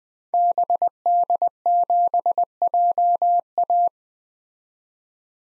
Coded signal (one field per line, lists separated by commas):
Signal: Morse code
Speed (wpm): 21 wpm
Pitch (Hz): 700 Hz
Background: none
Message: BD7JA